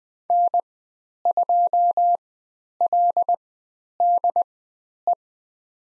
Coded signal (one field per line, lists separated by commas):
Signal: Morse code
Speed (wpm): 20 wpm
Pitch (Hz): 700 Hz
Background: none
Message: N2LDE